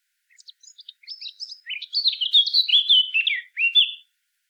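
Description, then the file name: Eurasian blackcap song: a quick, scratchy warble of varied chirps that builds into louder, clearer fluting notes, lasting about four seconds. "Sylvia atricapilla"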